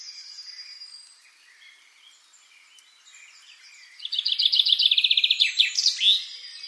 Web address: SETE Fringilla coelebs